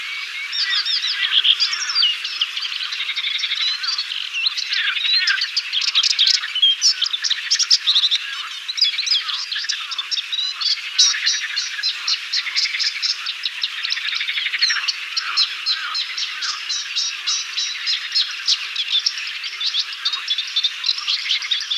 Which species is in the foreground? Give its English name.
Moustached Warbler